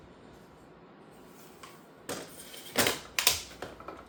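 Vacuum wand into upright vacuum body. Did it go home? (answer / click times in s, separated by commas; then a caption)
yes / 3.2 s. The plastic wand of a Shark PowerDetect Upright AZ4000 vacuum is slid into the vacuum body with scraping, rubbing sounds from about 2.1 s, then pushed home with a sharp, loud click at 3.2 s. A few softer knocks follow, and the wand is seated in place.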